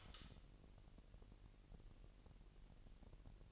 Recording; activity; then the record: daily activity, microphone in the room; light on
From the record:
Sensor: 4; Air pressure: 1002.7 hPa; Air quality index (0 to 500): 249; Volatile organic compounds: 18 ppm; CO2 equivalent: 2626 ppm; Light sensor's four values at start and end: 6/13/5/5 and 6/15/6/6